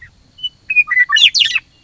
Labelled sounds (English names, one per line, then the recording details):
Western Meadowlark
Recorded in Sonoma County, California